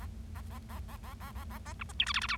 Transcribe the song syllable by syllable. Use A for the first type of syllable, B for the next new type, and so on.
A A A A A A A A A A B C D E F F G